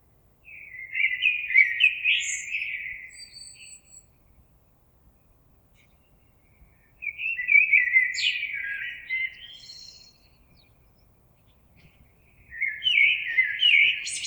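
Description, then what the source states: Common blackbird delivering three separate song phrases a few seconds apart, each a mellow fluted warble with some sharp high notes. Recorded on 26 April 2022.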